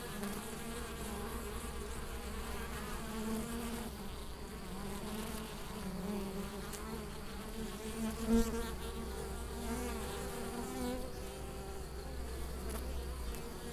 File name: apis mellifera